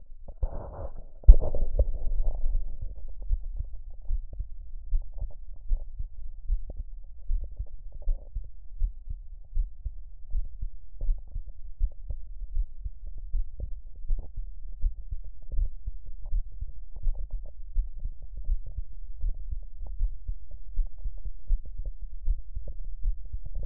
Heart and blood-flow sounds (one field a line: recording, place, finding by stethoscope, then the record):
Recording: heart sounds by stethoscope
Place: tricuspid valve (TV)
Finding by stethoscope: normal heart sounds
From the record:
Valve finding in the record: tricuspid regurgitation, grade 1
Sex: female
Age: 43 years